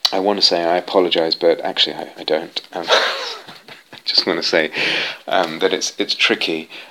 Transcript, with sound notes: I want to say I apologize, but actually I don't. [laughs] I just want to say that it's tricky.